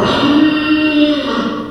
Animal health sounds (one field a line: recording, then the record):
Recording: squeal of a Yucatan mini pig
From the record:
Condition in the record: after surgery on the right vocal fold (resection and tissue-engineered implant)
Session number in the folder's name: 15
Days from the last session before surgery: 175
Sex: female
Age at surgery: 19 weeks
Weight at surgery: 25 kg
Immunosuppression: prednisolone